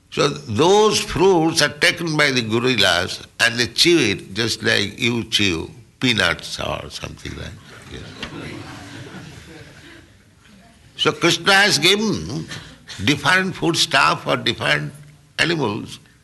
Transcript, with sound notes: So those fruits are taken by the gorillas, and they chew it just like you chew peanuts or something like that. Yes. [laughter] So Kṛṣṇa has given different foodstuff for different animals.